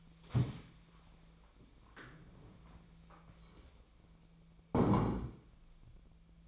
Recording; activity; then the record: daily activity, microphone in the room; stand up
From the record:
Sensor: 1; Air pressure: 1000.5 hPa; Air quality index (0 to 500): 176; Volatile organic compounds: 4 ppm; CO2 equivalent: 1635 ppm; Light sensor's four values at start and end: 13/30/13/14 and 13/30/12/14